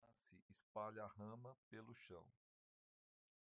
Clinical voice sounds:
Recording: short text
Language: Brazilian Portuguese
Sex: male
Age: 50 to 59 years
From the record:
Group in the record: control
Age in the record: 57 years

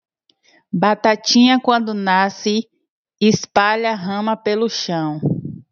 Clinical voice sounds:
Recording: short text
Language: Brazilian Portuguese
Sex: female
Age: 30 to 39 years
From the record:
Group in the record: control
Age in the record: 32 years

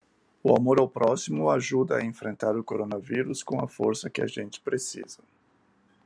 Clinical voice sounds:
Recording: spoken sentence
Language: Brazilian Portuguese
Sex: male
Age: 60 to 69 years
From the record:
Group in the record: control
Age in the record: 62 years

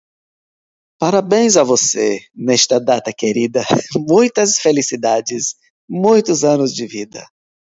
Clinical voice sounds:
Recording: short text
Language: Brazilian Portuguese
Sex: female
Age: 40 to 49 years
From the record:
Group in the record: control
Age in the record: 41 years

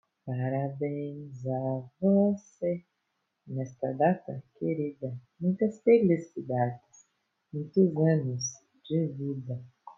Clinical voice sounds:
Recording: short text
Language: Brazilian Portuguese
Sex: female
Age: 20 to 29 years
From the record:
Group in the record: control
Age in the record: 23 years

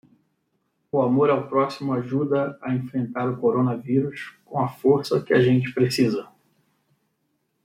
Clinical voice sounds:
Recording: spoken sentence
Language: Brazilian Portuguese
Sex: male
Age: 40 to 49 years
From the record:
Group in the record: control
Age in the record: 40 years

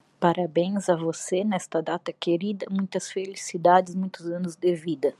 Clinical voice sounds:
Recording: short text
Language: Brazilian Portuguese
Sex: female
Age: 30 to 39 years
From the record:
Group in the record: control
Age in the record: 37 years

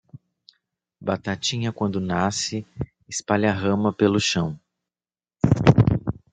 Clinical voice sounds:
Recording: short text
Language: Brazilian Portuguese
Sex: male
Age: 30 to 39 years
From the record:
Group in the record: control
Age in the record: 38 years

